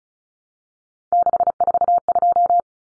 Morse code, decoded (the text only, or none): 642